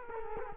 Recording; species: mosquito wingbeat signal from an infrared sensor; Culex quinquefasciatus